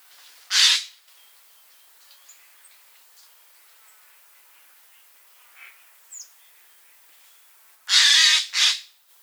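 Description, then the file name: Eurasian jay giving harsh, rasping screeches: one near the start, then a double screech near the end, with quiet background between. "Garrulus glandarius"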